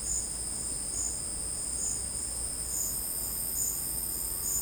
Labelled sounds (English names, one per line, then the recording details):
none
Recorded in secondary vegetation near Puerto Asís, Putumayo, Colombia, on 22 December 2024 at 11:30
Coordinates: 0.481, -76.318
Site G042